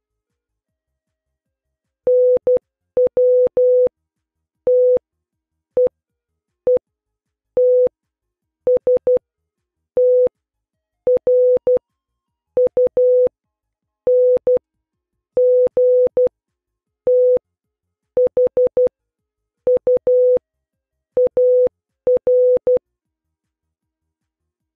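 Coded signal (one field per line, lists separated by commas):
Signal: Morse code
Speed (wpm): 12 wpm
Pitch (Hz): 500 Hz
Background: music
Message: NW TEETS TRUNG THU AR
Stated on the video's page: Morse code training drill for youth union and scouting communication skills.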